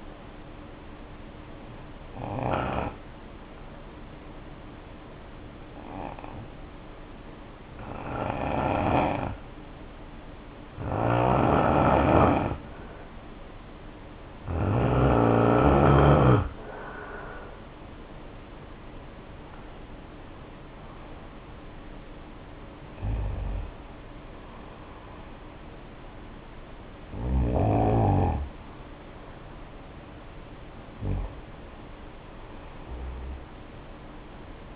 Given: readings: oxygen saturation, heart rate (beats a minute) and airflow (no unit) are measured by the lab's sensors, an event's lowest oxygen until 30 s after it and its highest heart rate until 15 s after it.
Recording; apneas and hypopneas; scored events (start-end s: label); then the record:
breathing in sleep by a voice recorder at the bedside; 1
3.00-16.40 s: hypopnea (N3, oxygen 92% highest, then 85% lowest, heart rate 62 at the start, 69 highest)
25.00-34.76 s: new sleep stage, N2 (light sleep)
From the record:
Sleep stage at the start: N3 (deep sleep); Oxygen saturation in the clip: 87 to 92%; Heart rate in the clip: 61 to 69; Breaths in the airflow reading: 9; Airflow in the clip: -5.9 to 6.8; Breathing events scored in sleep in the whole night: 520 in 7.2 hours asleep